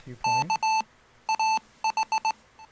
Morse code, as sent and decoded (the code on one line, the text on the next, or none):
-.- / .- ....
K AH